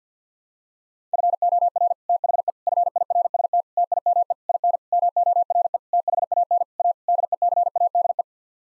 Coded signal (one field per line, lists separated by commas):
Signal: Morse code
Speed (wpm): 50 wpm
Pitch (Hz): 700 Hz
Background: none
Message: FOR THE FIRST TIME IN MORE THAN A DECADE